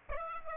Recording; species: mosquito wingbeat signal from an infrared sensor; Aedes aegypti